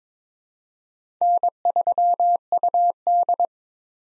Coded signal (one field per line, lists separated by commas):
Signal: Morse code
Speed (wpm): 22 wpm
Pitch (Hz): 700 Hz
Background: none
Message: N3UD